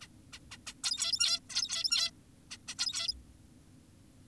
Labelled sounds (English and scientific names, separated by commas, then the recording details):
Zebra Finch (Taeniopygia guttata)
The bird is an adult
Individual g17y2U